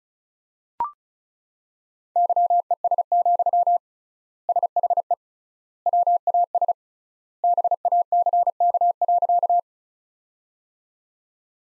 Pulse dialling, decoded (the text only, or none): none